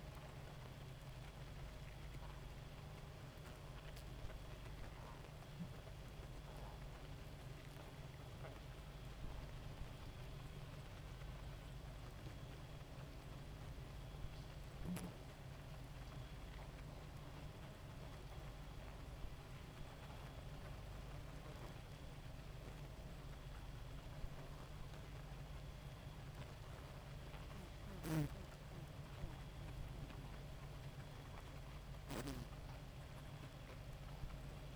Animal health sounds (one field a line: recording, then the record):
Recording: honeybee colony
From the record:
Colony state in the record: active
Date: 28 July 2017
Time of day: 2:13